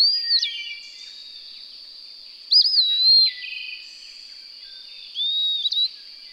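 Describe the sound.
Bird song: three short whistled phrases, each a sharp upsweep then a wavering fall, about every two and a half seconds, over a steady high-pitched whine.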